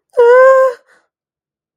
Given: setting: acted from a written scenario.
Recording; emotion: vocal sound without words; distress